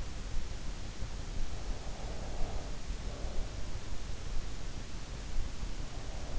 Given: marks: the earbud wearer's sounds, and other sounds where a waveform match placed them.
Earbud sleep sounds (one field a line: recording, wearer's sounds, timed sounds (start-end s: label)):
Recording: sounds in sleep by an in-ear microphone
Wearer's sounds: breath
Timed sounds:
1.86-3.72 s: breath